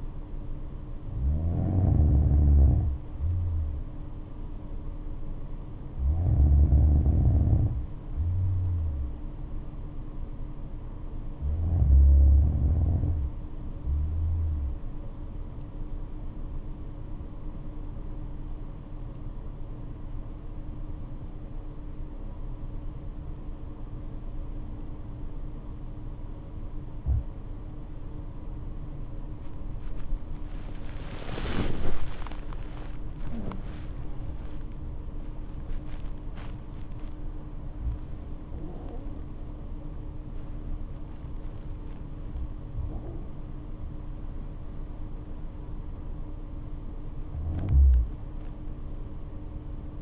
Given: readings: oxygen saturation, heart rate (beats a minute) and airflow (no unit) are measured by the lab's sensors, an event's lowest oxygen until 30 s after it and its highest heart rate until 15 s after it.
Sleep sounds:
breathing in sleep by a smartphone at the bedside; 1
16.00-32.50 s: hypopnea (N2, oxygen 95% highest, then 91% lowest, heart rate 66 at the start, 84 highest)
41.00-50.02 s: new sleep stage, N1 (lightest sleep)
From the record:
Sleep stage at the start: N2 (light sleep); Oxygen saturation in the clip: 91 to 95%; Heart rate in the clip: 62 to 84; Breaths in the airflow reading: 9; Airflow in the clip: -8.6 to 11.0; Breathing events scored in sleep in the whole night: 228 in 5.4 hours asleep

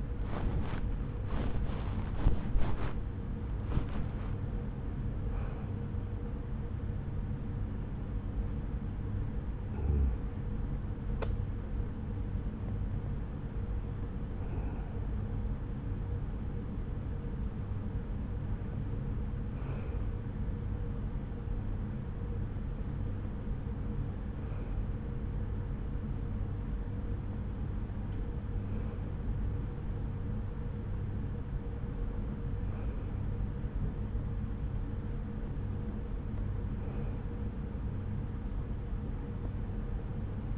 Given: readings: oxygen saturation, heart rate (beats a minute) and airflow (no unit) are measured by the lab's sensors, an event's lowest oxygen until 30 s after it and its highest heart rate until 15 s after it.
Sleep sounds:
a person awake in a sleep study, by a smartphone at the bedside; none
0.00-40.57 s: awake
From the record:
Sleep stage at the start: awake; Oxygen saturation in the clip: 94 to 96%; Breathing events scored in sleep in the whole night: 303 in 8.1 hours asleep

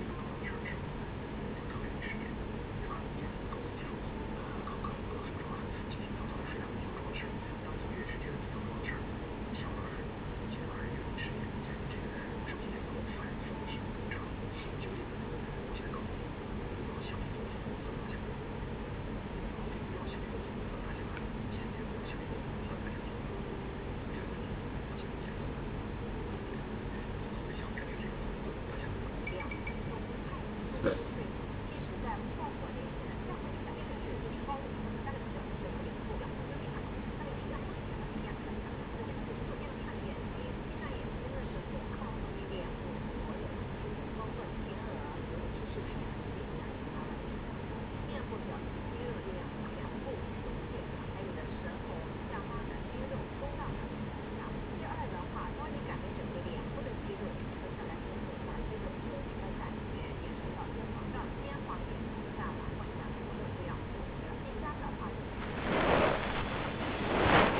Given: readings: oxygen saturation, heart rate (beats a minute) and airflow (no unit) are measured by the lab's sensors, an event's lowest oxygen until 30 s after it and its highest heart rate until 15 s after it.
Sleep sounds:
a person awake in a sleep study, by a voice recorder at the bedside; none
0.00-67.60 s: awake
From the record:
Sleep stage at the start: awake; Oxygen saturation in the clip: 93 to 95%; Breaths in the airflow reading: 15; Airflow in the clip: -4.3 to 5.4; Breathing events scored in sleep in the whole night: 335 in 6.7 hours asleep

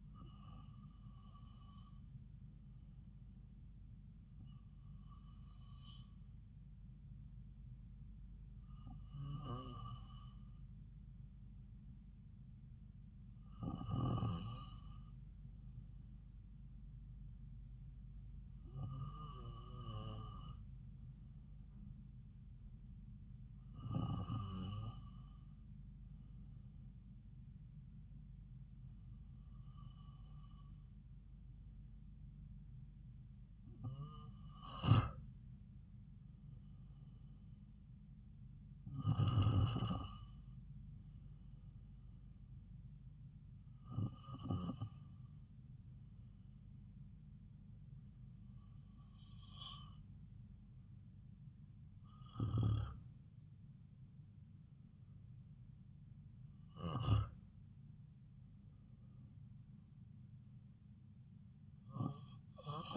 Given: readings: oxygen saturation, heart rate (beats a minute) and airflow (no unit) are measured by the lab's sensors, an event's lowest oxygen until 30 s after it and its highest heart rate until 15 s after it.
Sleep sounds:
breathing in sleep by a smartphone at the bedside; none
none scored
From the record:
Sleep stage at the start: N2 (light sleep); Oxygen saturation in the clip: 93 to 95%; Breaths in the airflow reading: 13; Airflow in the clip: -3.4 to 4.0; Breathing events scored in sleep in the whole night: 270 in 6.1 hours asleep

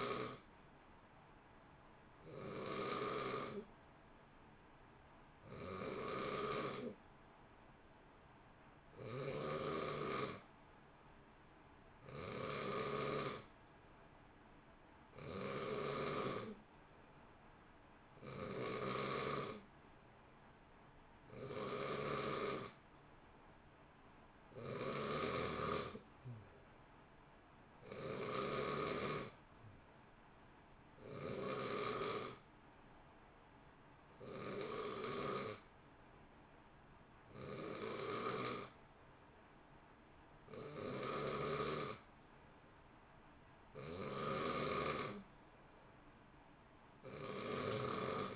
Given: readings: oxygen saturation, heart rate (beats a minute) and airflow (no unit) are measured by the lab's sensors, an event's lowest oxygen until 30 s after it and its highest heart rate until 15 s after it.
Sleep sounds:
breathing in sleep by a voice recorder at the bedside; none
none scored
From the record:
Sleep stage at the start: N2 (light sleep); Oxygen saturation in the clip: 90 to 91%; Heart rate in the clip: 59 to 65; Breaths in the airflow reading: 17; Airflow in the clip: -0.7 to 0.8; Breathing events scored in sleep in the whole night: 328 in 6.3 hours asleep

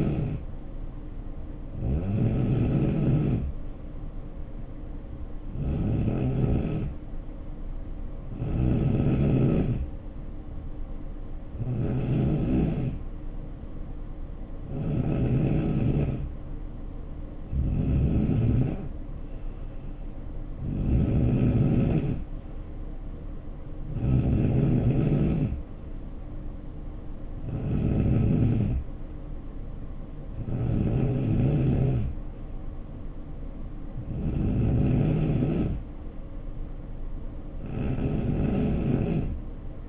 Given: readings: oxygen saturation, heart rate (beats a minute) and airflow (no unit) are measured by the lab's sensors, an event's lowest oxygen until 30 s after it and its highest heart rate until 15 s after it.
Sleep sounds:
breathing in sleep by a smartphone at the bedside; none
none scored
From the record:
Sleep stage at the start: N3 (deep sleep); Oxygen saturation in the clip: 90 to 91%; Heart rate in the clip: 68 to 74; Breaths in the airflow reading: 13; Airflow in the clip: -5.0 to 3.1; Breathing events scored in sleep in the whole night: 520 in 7.2 hours asleep

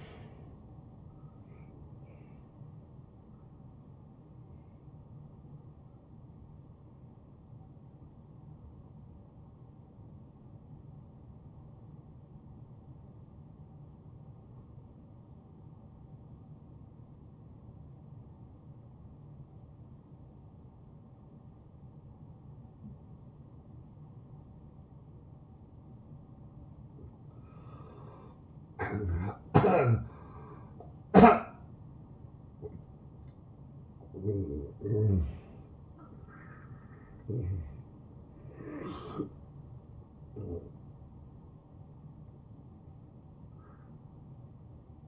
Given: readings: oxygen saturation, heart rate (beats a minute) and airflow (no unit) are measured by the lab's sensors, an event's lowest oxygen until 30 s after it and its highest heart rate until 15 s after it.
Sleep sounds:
breathing in sleep by a smartphone at the bedside; 1
5.00-28.70 s: hypopnea (N1, oxygen 83% highest, then 78% lowest, heart rate 84 at the start, 84 highest)
12.00-42.00 s: new sleep stage, N2 (light sleep)
42.00-45.08 s: new sleep stage, N1 (lightest sleep)
From the record:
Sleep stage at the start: N1 (lightest sleep); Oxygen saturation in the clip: 78 to 95%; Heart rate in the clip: 73 to 85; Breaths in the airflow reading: 5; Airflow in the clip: -17.0 to 8.6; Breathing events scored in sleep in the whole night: 263 in 5.5 hours asleep

